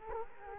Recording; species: mosquito wingbeat signal from an infrared sensor; Culex quinquefasciatus